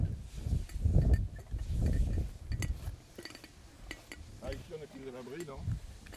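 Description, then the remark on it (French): Deep, rumbling whooshes from the blades of a huge wind turbine, heard at its foot, cutting the wind swell and fade in repeated waves, then die down while a voice speaks briefly over light clinking. “Et on entend les pales qui font fratch, fratch, fratch, en coupant le vent en petits morceaux.”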